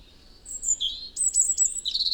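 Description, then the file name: European robin song: high, thin whistled notes jumping between pitches, ending in a sliding note. "Erithacus rubecula"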